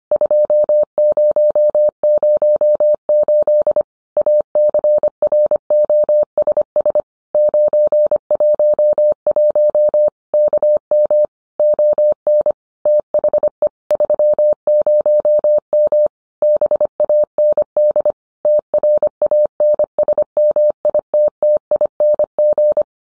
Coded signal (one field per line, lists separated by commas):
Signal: Morse code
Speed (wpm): 25 wpm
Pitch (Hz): 600 Hz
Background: none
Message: 2008 ACROSS 911 KM ON THE 30M BAND TRANSMITTING